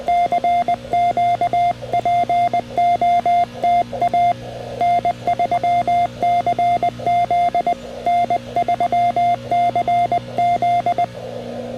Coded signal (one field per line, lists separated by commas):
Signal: Morse code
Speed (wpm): 20 wpm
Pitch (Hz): 700 Hz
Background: radio noise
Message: CQ POTA N3CZ N3CZ